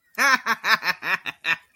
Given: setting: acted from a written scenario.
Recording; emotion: vocal sound without words; amusement